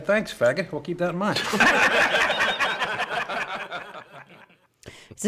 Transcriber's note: soundbite of laughter